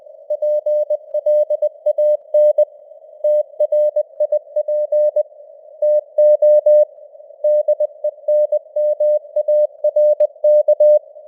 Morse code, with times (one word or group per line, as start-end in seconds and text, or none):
0.3-2.6 PLAN
3.2-5.2 TRIP
5.8-6.8 TO
7.4-11.0 DENMARK